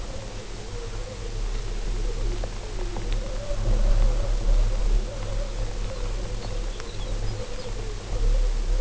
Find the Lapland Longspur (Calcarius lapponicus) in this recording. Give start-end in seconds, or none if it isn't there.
5.74-7.75